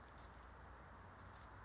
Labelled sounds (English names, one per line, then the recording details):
Anna's Hummingbird
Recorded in Sonoma County, California